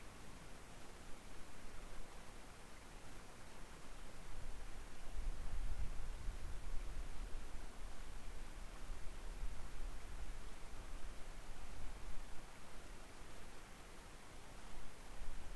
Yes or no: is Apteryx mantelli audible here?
no